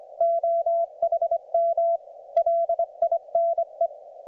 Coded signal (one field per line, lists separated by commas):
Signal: Morse code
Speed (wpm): 24 wpm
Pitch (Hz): 680 Hz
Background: none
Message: OHM LINE